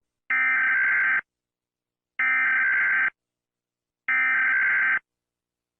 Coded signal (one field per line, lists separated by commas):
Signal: Emergency Alert System (SAME) tones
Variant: header bursts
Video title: EAS Scenario - The Happy Bear (Part 3) (Collaboration with @pierosebastiani-eas )